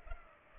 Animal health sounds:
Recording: mosquito wingbeat signal from an infrared sensor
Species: Culex pipiens

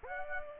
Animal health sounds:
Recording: mosquito wingbeat signal from an infrared sensor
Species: Aedes aegypti

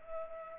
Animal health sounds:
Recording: mosquito wingbeat signal from an infrared sensor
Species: Culex pipiens

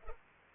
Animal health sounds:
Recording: mosquito wingbeat signal from an infrared sensor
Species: Culex pipiens

